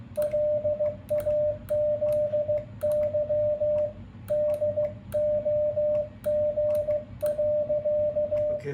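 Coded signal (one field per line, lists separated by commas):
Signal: Morse code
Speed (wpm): 16 wpm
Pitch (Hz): 600 Hz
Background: radio noise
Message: LAZY DOG.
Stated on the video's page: Iambic keying demonstration with CW paddles.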